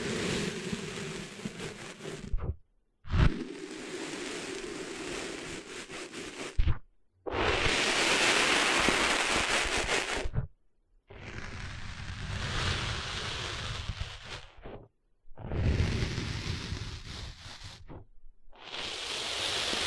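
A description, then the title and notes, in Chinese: Sandy rustling on a beach comes in separate bursts, each a few seconds long, a dense grainy hiss covering lows through highs. Short silent gaps break them near 3, 7, 11, 15 and 19 seconds, and the loudest, brightest burst runs from about 7 to 10 seconds. 沙沙沙…沙滩的沙沙声。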